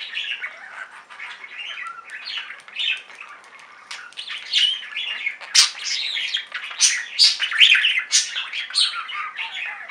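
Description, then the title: Budgerigar chatter: continuous warbling, chirping and squawky notes, many fast overlapping elements, growing louder and busier in the second half. "Budgie Sounds"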